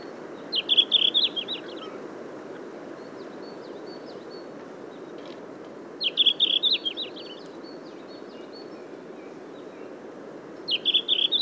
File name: Tarsiger cyanurus song